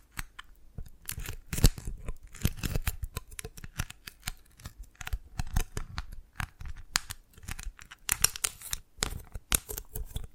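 Dalgona candy being tapped and cracked, a dense run of sharp, crisp clicks and snaps that never settles into a steady beat. Bursts cluster together, with louder cracks near two seconds and around eight to nine seconds, plus brief crinkly, tearing textures between them.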